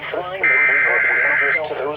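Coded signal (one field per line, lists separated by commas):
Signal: Emergency Alert System (SAME) tones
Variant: header bursts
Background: speech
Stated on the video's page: Tornado warnings received on weather radio stations and an FM broadcast station.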